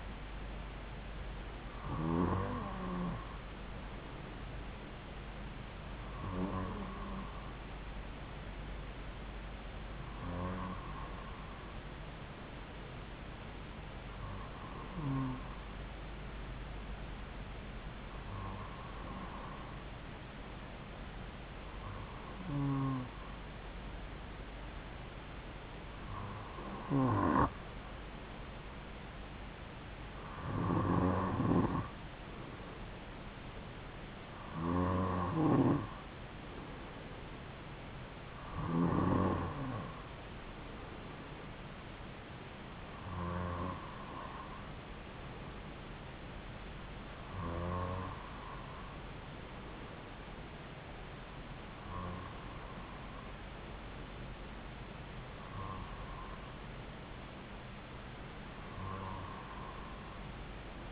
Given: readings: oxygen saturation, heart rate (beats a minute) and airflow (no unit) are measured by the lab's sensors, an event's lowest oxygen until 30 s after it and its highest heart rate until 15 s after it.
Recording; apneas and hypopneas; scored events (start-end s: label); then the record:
breathing in sleep by a voice recorder at the bedside; none
57.00-60.92 s: new sleep stage, N3 (deep sleep)
From the record:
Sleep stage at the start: N2 (light sleep); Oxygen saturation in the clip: 93 to 95%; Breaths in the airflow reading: 15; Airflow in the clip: -2.8 to 2.2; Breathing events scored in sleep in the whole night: 270 in 6.1 hours asleep